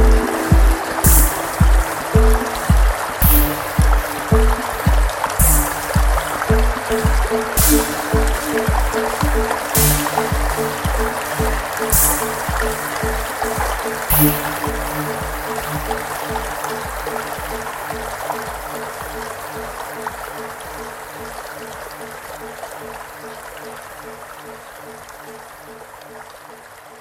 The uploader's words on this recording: Rocks. Nature sound recordings I made from Leon's Falls - Oxapampa - Peru.